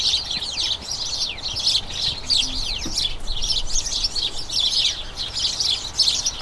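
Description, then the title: Flock of house sparrows chattering, many bright chirps overlapping continuously with no pause, plus a faint low thump near the middle. A colony of about a dozen house sparrows chattering incessantly in a small front garden as crocuses bloom, excitement signalling the colony turning toward the breeding season. "Sound Escape. the soothing conversations of a flock of house sparrows"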